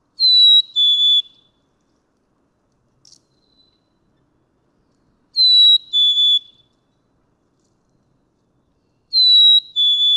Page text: Pitch-shifting, retaining melody—black-capped chickadee. Males can sing on one pitch for many songs in a row. May 7, 2017. Atlanta, Michigan